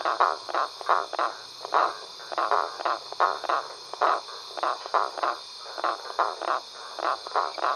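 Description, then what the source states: A frog chorus of quick repeated croaking pulses, rising and falling in loudness as several callers overlap, with constant background hiss. Several frogs calling at a pond at night.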